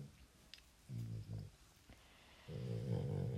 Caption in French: Mon chien qui ronfle à côté.